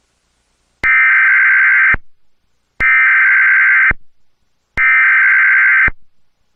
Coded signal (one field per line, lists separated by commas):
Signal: Emergency Alert System (SAME) tones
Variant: header bursts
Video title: EAS Scenario: Shelter-in Place Warning | GoreBox